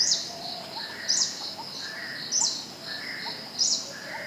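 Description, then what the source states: Greenish warbler giving sharp, slurred high call notes about every 1.2 seconds, over a steady insect hum and soft lower notes from another bird. Recorded at Thekkady on 12 October 2015.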